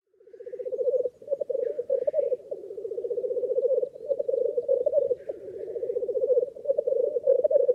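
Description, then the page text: Black grouse giving a continuous low bubbling, rolling coo in steady pulsing phrases, with a few faint hissing notes above. Small lek of black grouse (blackcock) in the North Pennines. "A small lek recorded in the North Pennines. #blackcock #lek"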